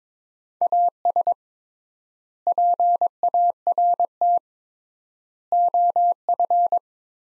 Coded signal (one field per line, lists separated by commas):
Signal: Morse code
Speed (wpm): 21 wpm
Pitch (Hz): 700 Hz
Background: none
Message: AS PART OF